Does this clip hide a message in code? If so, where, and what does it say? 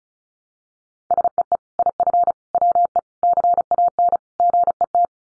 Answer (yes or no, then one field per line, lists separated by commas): yes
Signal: Morse code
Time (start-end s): 1.1-5.0 s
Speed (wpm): 34 wpm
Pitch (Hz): 700 Hz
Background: none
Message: SEE IF WE CAN GET